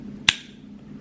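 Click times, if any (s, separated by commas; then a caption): 0.3 s. After a new CR2032 coin cell is fitted, the plastic battery holder is pushed back into its slot in an Audi Q7, A4, A5 or TT car key remote. A single sharp, loud click rings out at 0.3 s over a faint steady low hum, showing the battery tray has snapped into the key fob and seated.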